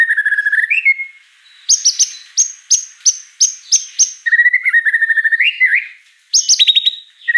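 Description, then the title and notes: White-rumped shama song: low rolling whistled trills, then a series of sharp high notes, returning to fluid warbled phrases. Lure song (pancingan) of a prolific, chatty (gacor) bird with a rich repertoire of fill-in phrases (isian mewah). "Pancingan Gacor Murai Batu Bongkar Isian Mewah. Audio Murai Batu Dongfeng"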